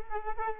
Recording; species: mosquito wingbeat signal from an infrared sensor; Culex quinquefasciatus